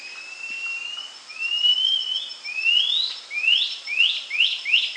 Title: LuckyPassaro Completos2Sama. Cinereous Antshrike (Thamnomanes caesius caesius)